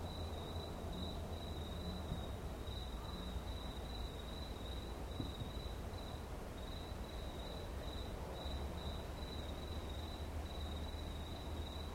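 Cricket trilling in a steady high band broken by short gaps, with a steady low rumble beneath.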